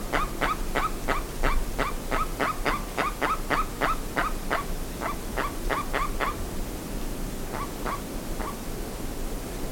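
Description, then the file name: Bird calls: rapid run of harsh, chattering notes that pauses briefly, then resumes with a few scattered notes, with low background rumble. "SABIOD 50 bird 2015"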